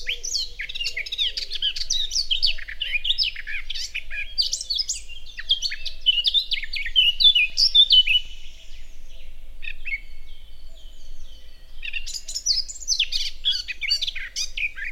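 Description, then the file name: Eurasian blackcap giving a dense, hurried warble of scratchy and whistled notes, nearly continuous for about nine seconds, a brief pause, then the jumbled chatter resumes. "Sylvia atricapilla"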